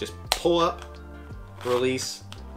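Someone talks over background music while handling the lacing dial ratchet on a running shoe, which is about to be pushed back in and turned to re-tighten it. Nothing has seated or clicked yet by the end of the clip.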